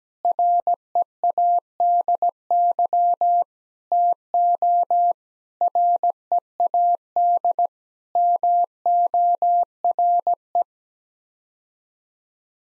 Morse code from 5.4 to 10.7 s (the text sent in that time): READ MORE